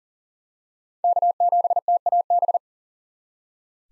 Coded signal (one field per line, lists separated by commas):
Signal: Morse code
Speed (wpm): 40 wpm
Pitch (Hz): 700 Hz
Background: none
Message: K7TAB